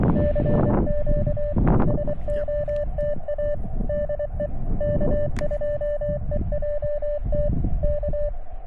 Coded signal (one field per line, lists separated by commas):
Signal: Morse code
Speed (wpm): 25 wpm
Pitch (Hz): 590 Hz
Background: none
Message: CQ SOTA DE K2EJT K